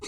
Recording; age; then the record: pig call; weaner (32 to 43 days)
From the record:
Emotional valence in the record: negative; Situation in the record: novel object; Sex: female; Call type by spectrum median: high-frequency call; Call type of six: high-frequency stable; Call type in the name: high-frequency stable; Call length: 0.08 s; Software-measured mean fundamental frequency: 294 Hz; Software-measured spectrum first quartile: 541 Hz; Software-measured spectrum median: 2222 Hz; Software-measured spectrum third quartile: 5066 Hz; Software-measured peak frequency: 417 Hz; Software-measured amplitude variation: 59 dB a second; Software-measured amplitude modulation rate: 6.4 a second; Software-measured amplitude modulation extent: 9.2 dB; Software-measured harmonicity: 1.8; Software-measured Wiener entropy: -2.69